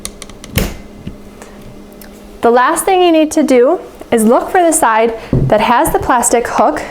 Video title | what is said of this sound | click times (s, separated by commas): Assembly of 99004 Badger Basket Cruise Folding Inline Double Doll Stroller | thumb on this plastic piece you're gonna push on it until you hear it click the | 0.6 s